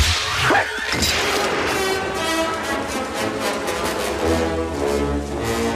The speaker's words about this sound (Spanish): El latigazo tiró el revólver al agua.